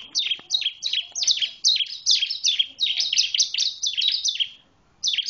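Bar-winged prinia song: a brisk run of high, sharp downslurred chirps, repeated rapidly, then a pause and a fresh start.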